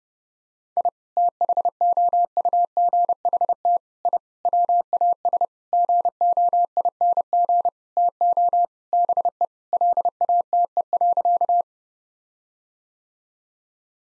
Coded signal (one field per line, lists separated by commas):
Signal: Morse code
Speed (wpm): 30 wpm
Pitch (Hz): 700 Hz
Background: none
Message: I THOUGHT I WAS GOING TO BE LATE.